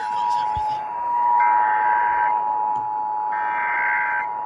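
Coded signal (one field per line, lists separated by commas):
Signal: Emergency Alert System (SAME) tones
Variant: 853 and 960 Hz attention tone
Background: speech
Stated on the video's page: Texas required monthly test originated from AM broadcast stations.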